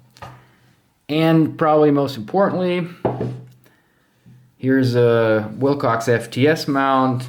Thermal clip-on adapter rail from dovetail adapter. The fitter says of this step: solid lockup, disengage.